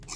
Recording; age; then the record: pig call; weaner (32 to 43 days)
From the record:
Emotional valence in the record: negative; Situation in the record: short isolation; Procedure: open field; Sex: female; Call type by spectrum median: high-frequency call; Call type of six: mixed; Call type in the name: high-frequency stable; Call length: 0.15 s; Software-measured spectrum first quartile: 826 Hz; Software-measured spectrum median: 4052 Hz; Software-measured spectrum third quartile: 6438 Hz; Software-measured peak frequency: 132 Hz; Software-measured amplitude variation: 136 dB a second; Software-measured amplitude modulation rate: 19.3 a second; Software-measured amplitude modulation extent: 7.1 dB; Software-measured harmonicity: 1.0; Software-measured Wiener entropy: -2.84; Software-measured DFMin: 940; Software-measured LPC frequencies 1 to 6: 1085, 2342, 3901, 4372, 5244, 6304 Hz